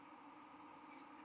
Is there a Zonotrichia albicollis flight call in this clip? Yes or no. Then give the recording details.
no. No flight call is heard. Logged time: 11:31 on 13 November 2014